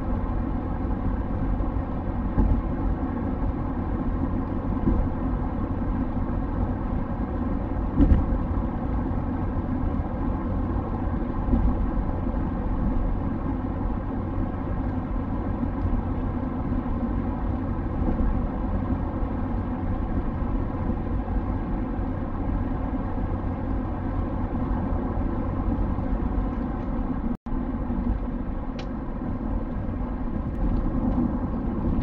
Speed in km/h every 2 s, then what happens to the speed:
95, 95, 95, 95, 95, 95, 95, 95, 95, 94, 95, 95, 95, 80, 79, 76.
0-24 steady at about 95. 24-26 brakes to 80. 26-32 steady at about 79.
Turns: none.